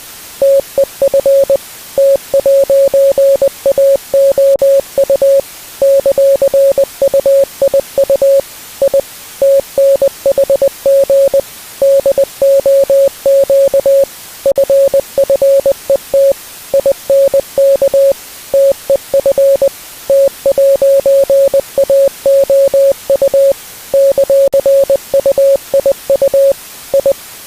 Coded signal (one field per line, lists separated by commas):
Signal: Morse code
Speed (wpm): 20 wpm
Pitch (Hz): 550 Hz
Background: music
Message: TEF T'AOU ;UIU I TNHG DOQ FFET INK TEF T'AOU ;UIU I